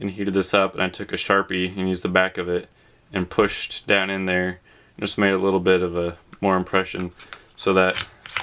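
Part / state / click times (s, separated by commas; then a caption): pistol into inside-the-waistband holster / not seated / none. Someone talks about heat-forming the shell of a Galco Kingtuk inside-the-waistband holster around the trigger guard of a Kahr CW9 pistol, using a hair dryer, a wet rag with a hole cut in it, and the back of a Sharpie pressed in to deepen the impression so the gun snaps into place there. Two brief sharp handling sounds come right at the end, near 8.3 and 8.4 seconds. The pistol is being handled, but nothing has seated or clicked into the holster yet.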